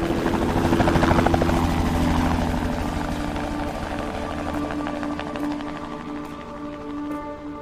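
A helicopter flies overhead, carrying a cooled light-metal case of archaeological finds off for conservation; its rotor produces a steady, rapid thumping over a loud engine whine, swelling early then easing to a constant drone.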